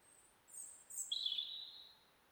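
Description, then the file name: European robin sounding high, thin notes, a very high whistle sliding into a lower sustained trill over faint background hiss. "Erithacus rubecula"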